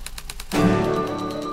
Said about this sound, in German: Doch manchmal, da klappern die Schreibmaschinen.